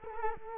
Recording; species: mosquito wingbeat signal from an infrared sensor; Culex quinquefasciatus